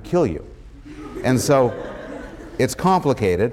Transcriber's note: laughter